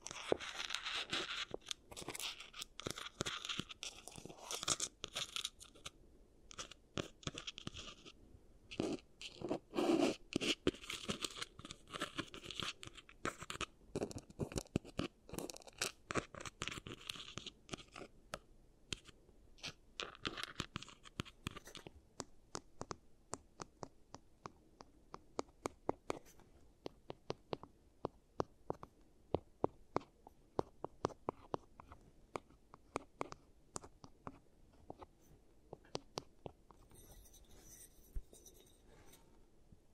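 An ASMR teeth treatment made of dense, crisp tapping and scratching, fast clicks packed closely together. The first twenty seconds are busier, with scraping and crunching textures, then sparse sharp taps continue irregularly. A brief faint hiss appears near the end.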